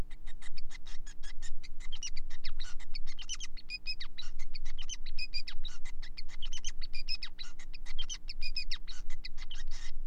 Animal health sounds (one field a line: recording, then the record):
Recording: song of a male Bengalese finch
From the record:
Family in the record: son of father 5